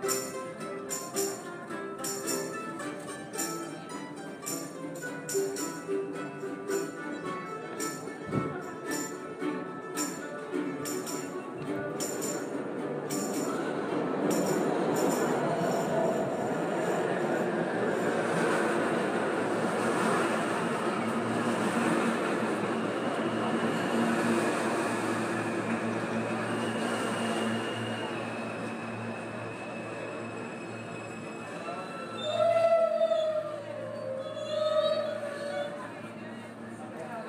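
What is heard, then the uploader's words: A subway train rumbles through an underground station, opening with a rapid run of clacking rail joints over the first ten seconds. The sound then swells into a dense, steady roar and grinding that fills the space, with a brief squeal near thirty-three seconds. The maze that is the NYC subway.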